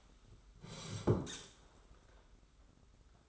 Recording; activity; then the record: daily activity, microphone in the room; sit down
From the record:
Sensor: 3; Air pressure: 991.7 hPa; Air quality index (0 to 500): 171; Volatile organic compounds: 1000 ppm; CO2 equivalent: 5674 ppm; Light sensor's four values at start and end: 36/101/41/35 and 35/101/41/35